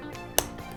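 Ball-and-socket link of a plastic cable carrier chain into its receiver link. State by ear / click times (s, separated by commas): seated / 0.4 s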